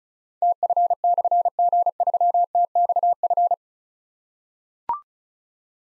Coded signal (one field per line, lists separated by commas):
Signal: Morse code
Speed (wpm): 36 wpm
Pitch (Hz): 700 Hz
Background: none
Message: TF/G3TXF